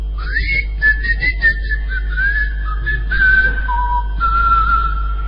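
People whistling back and forth in long, sliding high notes, one tune briefly overlapping another, over a steady low hum with no talking.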